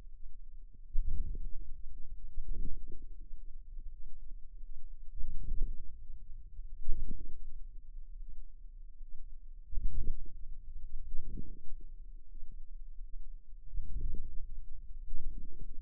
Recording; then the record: forearm muscle sounds (acoustic myography)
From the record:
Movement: hand closing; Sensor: system 2, bracelet of six BSWA MPA416 microphones around the upper forearm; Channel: 3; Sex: female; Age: 23 years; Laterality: right